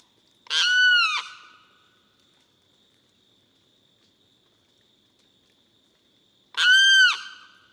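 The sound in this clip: Limpkin uttering two loud, ringing, arched wails six seconds apart, with quiet between them.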